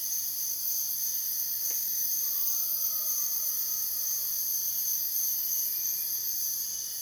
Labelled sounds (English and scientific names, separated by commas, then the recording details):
none
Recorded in dense forest near Puerto Asís, Putumayo, Colombia, on 24 June 2025 at 05:00
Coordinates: 0.484, -76.325
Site H65